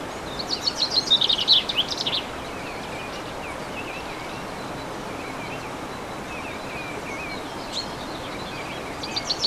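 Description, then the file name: Bird gives a quick burst of bright, high chirping notes at the start, then quiet hiss, then a brief renewed phrase at the very end. Recorded 15 March 2014 with an MZ-N710 recorder. "Chants d oiseaux 15 03 14"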